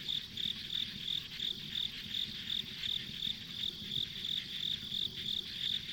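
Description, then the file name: Insect chirps in a fast even rhythm, about three per second, above a steady hum of other calling insects. Ambient insect sounds recorded along a rural country road. "田舎道の虫の環境音"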